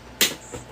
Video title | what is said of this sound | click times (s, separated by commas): “Warning No Edits” Parcel Pending, Unboxing TT Samples and more Chit Chat | On the other snap, it's in. | 0.2 s